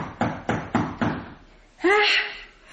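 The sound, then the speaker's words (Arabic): Four firm, evenly spaced knocks on a door, made by a neighbour woman knocking at Juha's door, followed a moment later by a short burst of a voice. “فسمعته جارة لهما فظنت أنه يأمر بطهي الخروف على وصفه هذا، فانتظرت إلى وقت الطعام ثم جاءت فقرعت الباب.”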